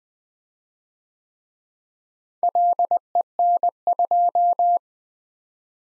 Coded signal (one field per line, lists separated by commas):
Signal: Morse code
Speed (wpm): 21 wpm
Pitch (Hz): 700 Hz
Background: none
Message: LEN2